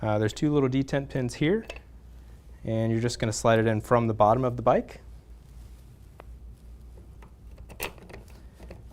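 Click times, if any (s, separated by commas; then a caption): 7.8 s. Someone talks, then a training wheel bracket with two detent pins is slid up from below into the rear axle mount of a child's Spider-Man boys' bicycle, with a few faint knocks and scrapes. The pins snap home with a click at 7.8 s, and the bracket is seated.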